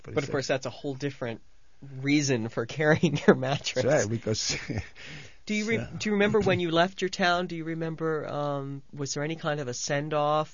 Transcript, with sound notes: But of course that's a whole different reason for carrying your mattress (he laughs)
That's right, because...
Do you remember when you left your town? Do you remember was there any kind of a send off?